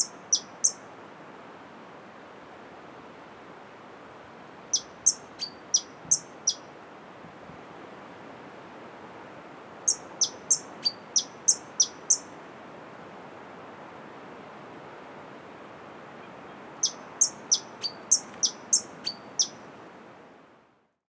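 A natural park soundscape with a steady, dense hiss of wind or water filling the low and middle range throughout. Over it, a bird gives short bursts of high, sharp chirps around 0, 5, 10 and 17 seconds, clear.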